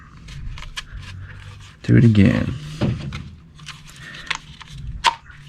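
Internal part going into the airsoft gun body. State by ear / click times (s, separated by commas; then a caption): seated / 4.3 s. An internal part is reinserted into an MP7 airsoft gun body on the second try, after the first attempt did not sit flush. Someone talks, then small scraping and handling sounds lead to a sharp click at 4.3 s as the part catches. The part is seated, with all the holes now lined up.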